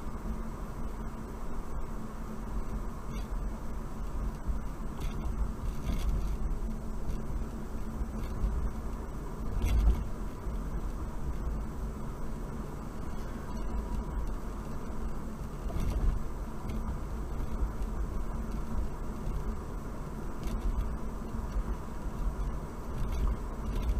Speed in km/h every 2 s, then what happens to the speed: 42, 40, 40, 40, 42, 44, 44, 44, 42, 44, 44, 44.
0-24 steady at about 42.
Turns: none.